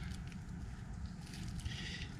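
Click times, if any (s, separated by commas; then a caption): none. A plastic wiring connector is pushed onto the pigtail of a 7-inch round black Cree LED headlight on a Jeep, to the sound of a steady low rumble and faint scuffing with no sharp sound. The connector is hard to seat on the light side, and nothing has clicked into place yet.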